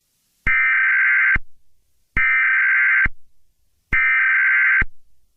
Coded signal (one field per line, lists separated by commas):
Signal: Emergency Alert System (SAME) tones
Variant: header bursts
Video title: EAS Scenario #18: Trevor Philips Rampage.